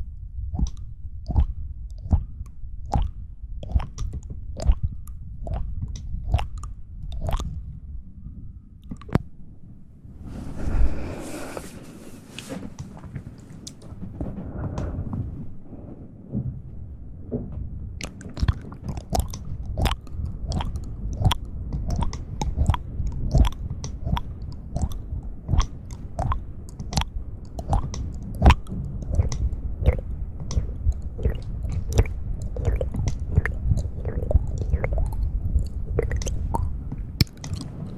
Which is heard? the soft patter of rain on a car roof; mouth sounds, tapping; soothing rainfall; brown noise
mouth sounds, tapping